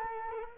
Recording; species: mosquito wingbeat signal from an infrared sensor; Culex quinquefasciatus